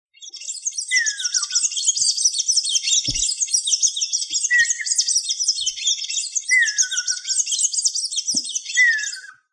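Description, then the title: Bird calling: continuous high, rapid chattering chirps, with a clear falling whistle repeated several times and a few soft knocks. "LuckyPassaros CompletosSama"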